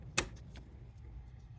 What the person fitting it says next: This thing snaps into place.